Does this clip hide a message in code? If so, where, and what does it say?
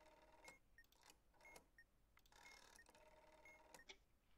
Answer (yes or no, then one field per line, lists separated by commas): no